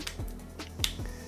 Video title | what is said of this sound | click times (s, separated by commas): Realme 8 / Teardown & Repair & Replace Screen, Battery and other Parts | you should hear the click sounds then you know | 0.8 s